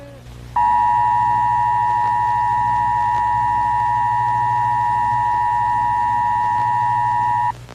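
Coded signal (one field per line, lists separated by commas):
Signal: Emergency Alert System (SAME) tones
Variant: 853 and 960 Hz attention tone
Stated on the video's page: Fictional zombie-apocalypse EAS scenario containing valid EAS tones.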